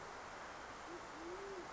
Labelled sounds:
Band-tailed Pigeon (Patagioenas fasciata)

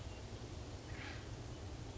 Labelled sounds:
Acorn Woodpecker (Melanerpes formicivorus)

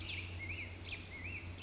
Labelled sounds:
Black-headed Grosbeak (Pheucticus melanocephalus)

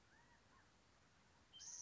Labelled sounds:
California Quail (Callipepla californica)

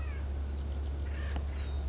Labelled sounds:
Acorn Woodpecker (Melanerpes formicivorus)

